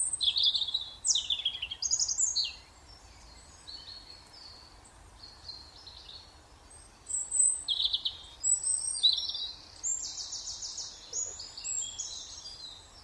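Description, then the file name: European robin delivering high, sweet warbling phrases with trilled and buzzy parts, a pause of several seconds, then more tinkling phrases; faint background noise. "Erithacus rubecula"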